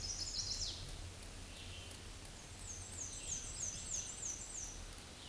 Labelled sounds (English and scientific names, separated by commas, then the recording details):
Black-and-white Warbler (Mniotilta varia) song
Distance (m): 35 m
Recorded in a Pennsylvania forest on 18 May 2023 at 06:16
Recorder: AudioMoth, point grid1_3_low
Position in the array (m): 63 m, 49 m